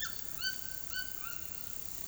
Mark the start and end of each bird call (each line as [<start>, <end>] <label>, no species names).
[0.00, 1.38] bird call